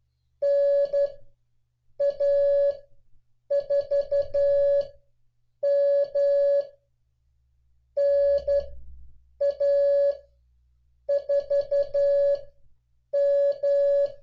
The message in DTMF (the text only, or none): none